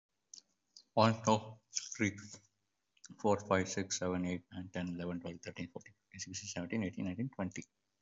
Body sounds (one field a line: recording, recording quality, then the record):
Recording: counting at a fast pace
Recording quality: excellent, no background noise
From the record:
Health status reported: COVID-19 positive, no symptoms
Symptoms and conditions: none ticked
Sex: male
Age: 24 years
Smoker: not ticked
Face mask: not worn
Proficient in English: no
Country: India